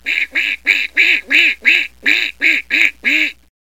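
Duck quacking: ten loud nasal quacks in a steady series, about three per second, each with a low arched tone beneath a bright upper band.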